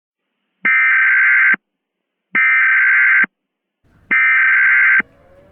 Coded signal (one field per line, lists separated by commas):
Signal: Emergency Alert System (SAME) tones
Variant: header bursts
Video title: EAS Mock: Nationwide test